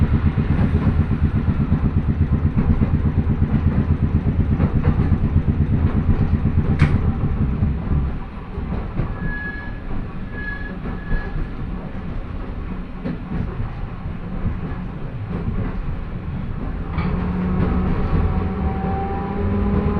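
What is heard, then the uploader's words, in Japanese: A train's nose-suspended traction motor growls loudly, a dense, low, pulsing roar for the first eight seconds. It then drops to a softer rumbling ride with a brief thin whine near ten seconds, and a rising motor hum returns toward the end. 万葉線 高岡駅→越ノ潟。しばらくは道路上を走る路面電車的な感じで信号機に従っていき、六渡寺駅から終点までが専用軌道の路線になります。電車は吊りかけモーターなので中々の唸りをあげています。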